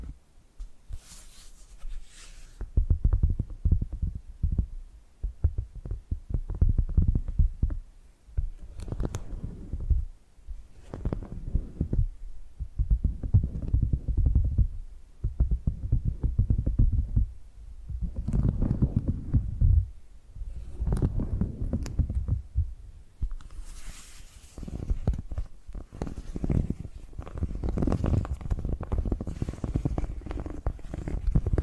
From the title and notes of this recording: ASMR Hypnotic Tapping and Scratching Sounds (No Talking).